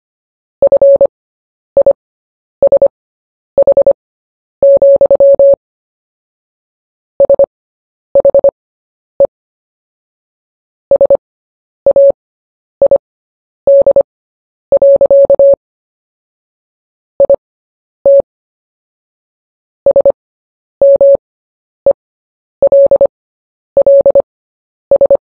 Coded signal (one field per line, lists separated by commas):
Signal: Morse code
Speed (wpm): 25 wpm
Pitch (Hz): 560 Hz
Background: none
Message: FISH, SHE SAID. IT SMELLS